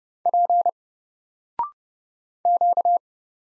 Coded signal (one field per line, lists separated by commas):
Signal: Morse code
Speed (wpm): 31 wpm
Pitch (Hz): 700 Hz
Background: none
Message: P Q